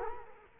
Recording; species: mosquito wingbeat signal from an infrared sensor; Culex quinquefasciatus